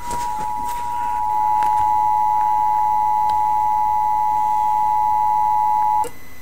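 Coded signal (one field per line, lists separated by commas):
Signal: Emergency Alert System (SAME) tones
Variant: 853 and 960 Hz attention tone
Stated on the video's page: Real Amber Alert EAS activation on Peachtree TV, recorded on a laptop.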